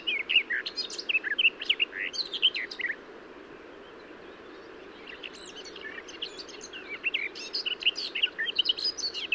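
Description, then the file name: Garden warbler song: a rapid, warbling run of notes lasting about three seconds, a pause, then another long rambling phrase from about five seconds on, over a steady low hiss. "Garden-Warbler -Sylvia-borin"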